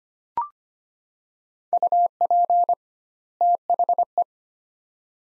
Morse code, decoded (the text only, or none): UP THE